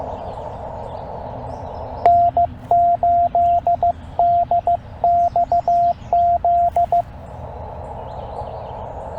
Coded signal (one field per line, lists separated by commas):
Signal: Morse code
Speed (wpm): 17 wpm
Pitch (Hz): 690 Hz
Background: radio noise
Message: N8DXZ